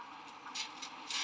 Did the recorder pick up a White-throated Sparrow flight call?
no